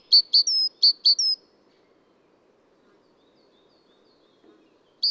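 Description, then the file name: Great tit song, a short burst of two sharp notes plus a sliding whistle, given twice, then quiet, with a single note starting again at the end. Adult male. "gtit-major-1-AD-M-S-IND 01 d bb felgentreu"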